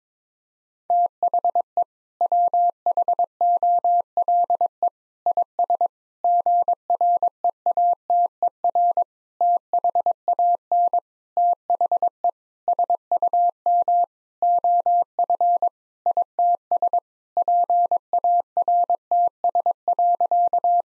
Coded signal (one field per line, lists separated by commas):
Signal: Morse code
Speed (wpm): 22 wpm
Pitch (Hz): 700 Hz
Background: none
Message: THE WHOLE IS GREATER THAN THE SUM OF ITS PARTS.